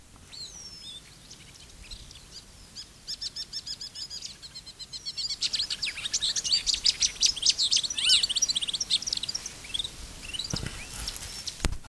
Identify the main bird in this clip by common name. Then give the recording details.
Marsh Warbler. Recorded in the wild. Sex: male. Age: adult. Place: Berlin, OT Blankenfelde, Berlin, DE. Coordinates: 52.6375, 13.4131. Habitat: gravel-pit lake. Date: 1983-07-02 10:03. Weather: sunny, 16-20 °C. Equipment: Nagra SN, Kopie Uher 4000 Monitor Report. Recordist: Tembrock, Günter. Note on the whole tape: Ehemalige Kiesgrube Arkenberge im Weidendickicht. Gesang